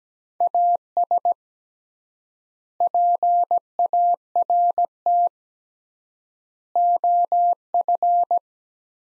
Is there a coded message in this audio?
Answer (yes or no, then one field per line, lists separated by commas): yes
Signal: Morse code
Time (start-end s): 0.4-8.4 s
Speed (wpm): 17 wpm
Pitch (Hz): 700 Hz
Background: none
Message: AS PART OF